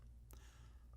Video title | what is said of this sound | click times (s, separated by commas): Door Lock Adjustment on the Dexter Washer | by closing the door and turning the handle to the latched position you should hear the latching Switch Engage | 0.3 s